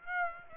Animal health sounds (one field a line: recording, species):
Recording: mosquito wingbeat signal from an infrared sensor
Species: Aedes aegypti